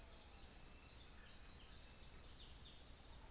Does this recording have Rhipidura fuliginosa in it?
no